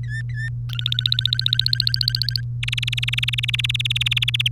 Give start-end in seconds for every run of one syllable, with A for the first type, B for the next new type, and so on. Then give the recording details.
0.04-0.49 A, 0.69-2.41 B, 2.63-4.48 C. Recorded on 3 May 2018 at 12:02. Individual llb3